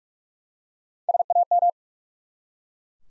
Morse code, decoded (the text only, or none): SAM